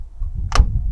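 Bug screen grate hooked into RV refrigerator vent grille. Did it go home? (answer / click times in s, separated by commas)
yes / 0.6 s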